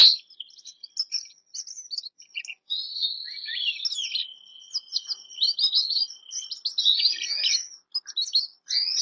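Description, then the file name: Canary song starting with scattered soft chirps, then a long steady whistled note followed by fast twittering trills. "canto do canario bernois"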